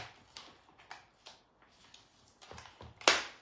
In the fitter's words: clac. Tant que vous n'entendez pas le clac, c'est que c'est pas dedans. Ah, voilà.